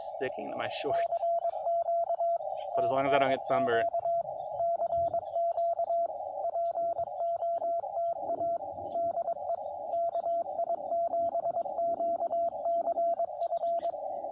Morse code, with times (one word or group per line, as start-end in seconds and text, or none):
0.9-2.4 CQ
2.7-4.2 CQ
4.6-6.1 CQ
6.4-8.6 POTA
9.0-9.6 DE
9.9-13.9 KI7QCF